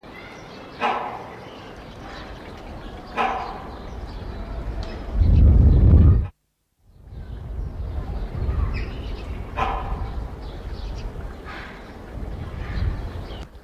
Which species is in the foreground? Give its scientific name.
Buceros bicornis